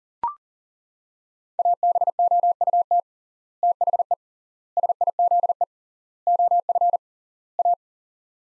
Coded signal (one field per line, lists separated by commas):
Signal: Morse code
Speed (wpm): 40 wpm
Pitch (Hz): 700 Hz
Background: none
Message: ABOUT THE SIZE OF A